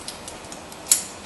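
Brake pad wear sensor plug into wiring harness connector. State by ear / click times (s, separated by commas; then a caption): seated / 0.9 s. On a 2012 Audi Q5, the previously disconnected front brake pad wear sensor plug is pushed back into its wiring harness connector. A few faint ticks lead up to one sharp, bright snap at 0.9 s. The plug is seated.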